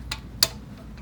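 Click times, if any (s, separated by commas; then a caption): 0.4 s. A small engine part, among the valve spring and carburetor parts, is pressed into a Coleman mini bike engine during hot-rod work. A softer tick at 0.1 s is followed by a loud, sharp snap at 0.4 s as the part seats home.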